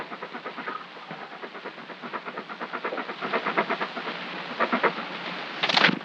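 Dog panting fast, a rapid run of breathy, hissing puffs, with a brief rougher burst of breath near the close.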